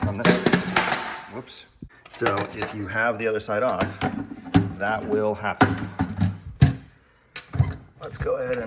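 Aluminum latch and hinge pieces are handled against the plastic mounts of a cooler after one side came off, with someone talking throughout and a few short, sharp knocks near the end. Nothing has seated or clicked into place yet.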